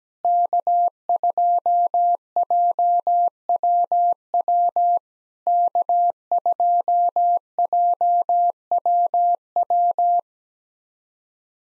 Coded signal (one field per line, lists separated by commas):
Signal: Morse code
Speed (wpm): 17 wpm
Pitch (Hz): 700 Hz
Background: none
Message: K2JWW K2JWW